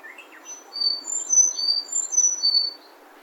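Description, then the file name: Sakhalin leaf warbler song: a run of high, thin, repeated whistled notes alternating in pitch, about two seconds long, over a low steady background hiss. Recorded at Kitamoto, Japan, 28 April 2021. "エゾムシクイ 北本市"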